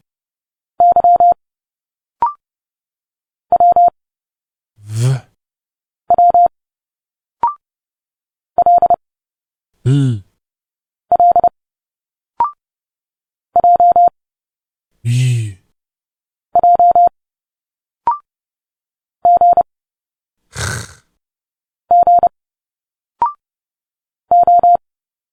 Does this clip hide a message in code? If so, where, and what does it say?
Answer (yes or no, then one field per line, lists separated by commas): yes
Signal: Morse code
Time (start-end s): 0.8-24.8 s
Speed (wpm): 30 wpm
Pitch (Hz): 700 Hz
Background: none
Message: Y W W L L J J G G O